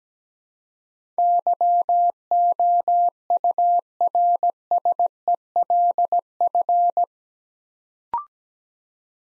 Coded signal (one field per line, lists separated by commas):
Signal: Morse code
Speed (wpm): 17 wpm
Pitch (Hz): 700 Hz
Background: none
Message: YOURSELF